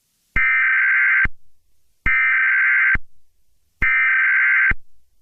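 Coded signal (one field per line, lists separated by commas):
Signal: Emergency Alert System (SAME) tones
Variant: header bursts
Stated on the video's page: Simulated EAS scenario for a fictional nuclear war.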